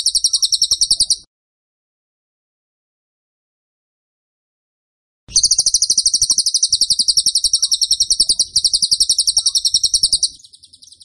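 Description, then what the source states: Bird song: a brief high chattering trill, a long silence, then a sustained five-second rapid trill followed by softer chirps. Masteran (training) recording of a bird singing vigorously (gacor) in the tembakan style.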